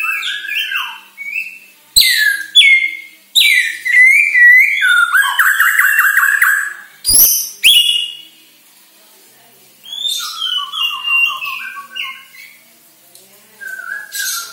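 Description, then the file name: White-rumped shama song in bursts: loud whistled and warbled phrases with clicks and rattles, broken by short pauses, then softer trilled notes trailing off. Borneo white-rumped shama; lure recording (pancingan) meant to bring birds into full, frequent song (gacor, dor). "Sara Pancingan Murai Batu Borneo Agar Gacor Dor"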